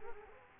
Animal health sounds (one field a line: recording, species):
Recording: mosquito wingbeat signal from an infrared sensor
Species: Culex quinquefasciatus